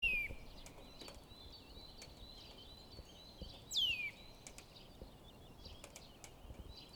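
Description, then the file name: Eurasian nuthatch with two bright, descending whistled notes, one at the start and one midway, among scattered soft ticks and background hiss. "Sitta europaea"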